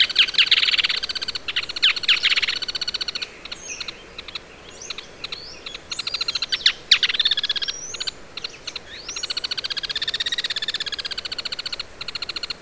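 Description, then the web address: Striated softtail giving rapid, dry chattering trills that repeat in bursts. Sharp single notes sound between the trills, over a steady hiss of background noise. Male. "Striated softtail. صدای-پرنده-نر-دم-راه-راه"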